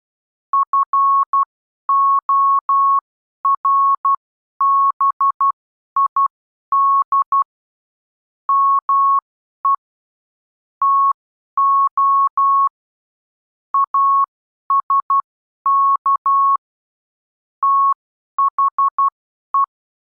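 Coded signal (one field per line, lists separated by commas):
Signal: Morse code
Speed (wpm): 12 wpm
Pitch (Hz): 1100 Hz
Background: none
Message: FORBID ME TO ASK THE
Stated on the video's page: Morse code reading practice for subconscious familiarisation, the stage after initial conscious learning.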